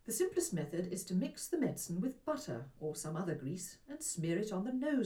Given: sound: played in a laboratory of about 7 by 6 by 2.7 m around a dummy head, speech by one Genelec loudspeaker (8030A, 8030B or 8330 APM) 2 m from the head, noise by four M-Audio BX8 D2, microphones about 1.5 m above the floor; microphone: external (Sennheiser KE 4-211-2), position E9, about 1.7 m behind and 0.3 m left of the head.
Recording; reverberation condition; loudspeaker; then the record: female speech in English; low; 60 degrees to the right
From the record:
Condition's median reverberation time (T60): about 310 ms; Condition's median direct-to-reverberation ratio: about 3.5 dB